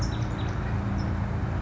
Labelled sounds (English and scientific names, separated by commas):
California Towhee (Melozone crissalis)